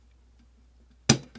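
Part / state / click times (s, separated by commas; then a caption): top panel into folding metal camp stove body / seated / 1.1 s. The top panel of a folding metal FireBox camp stove is slid into the teeth of the stove body over a quiet, low hum. It locks into place with a single sharp metallic snap at 1.1 s, followed by a brief fading ring and a faint small knock just after.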